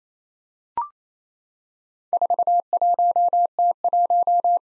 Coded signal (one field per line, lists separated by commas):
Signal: Morse code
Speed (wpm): 29 wpm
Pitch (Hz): 700 Hz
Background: none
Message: 41T1